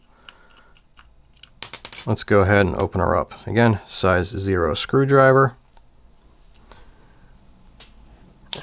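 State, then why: Released. While a Daiwa BG spinning reel is opened up again with a size zero screwdriver, someone talks over a few small handling clicks. At 8.5 s a spring inside the reel body lets go with a single sharp, loud snap as it unloads.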